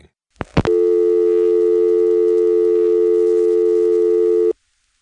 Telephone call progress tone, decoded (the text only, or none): dial tone